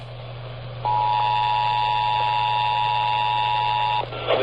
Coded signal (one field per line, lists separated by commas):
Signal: Emergency Alert System (SAME) tones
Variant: 853 and 960 Hz attention tone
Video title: I SWEAR TO MODERATE... EAS Alerts From 4/4/25 (EAS#3,282 - #3,288)